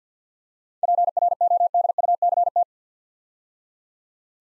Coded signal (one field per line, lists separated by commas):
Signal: Morse code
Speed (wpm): 46 wpm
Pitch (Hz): 700 Hz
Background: none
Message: PRODUCT